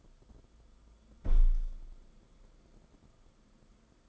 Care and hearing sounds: daily activity, microphone in the room; close window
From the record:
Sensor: 5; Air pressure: 994.4 hPa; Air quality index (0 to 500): 185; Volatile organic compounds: 1000 ppm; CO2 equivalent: 5461 ppm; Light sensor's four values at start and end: 13/32/13/14 and 12/31/13/14

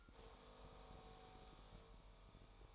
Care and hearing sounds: daily activity, microphone in the room; make coffee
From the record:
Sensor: 1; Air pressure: 1002.0 hPa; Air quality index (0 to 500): 243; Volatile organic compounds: 47 ppm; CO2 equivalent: 3261 ppm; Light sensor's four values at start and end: 8/28/10/11 and 8/28/10/11

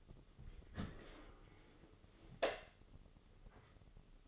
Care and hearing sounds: daily activity, microphone in the room; open dishwasher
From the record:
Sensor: 4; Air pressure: 996.6 hPa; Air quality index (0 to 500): 87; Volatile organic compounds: 4 ppm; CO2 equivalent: 1684 ppm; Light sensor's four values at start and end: 19/51/20/22 and 20/54/21/23

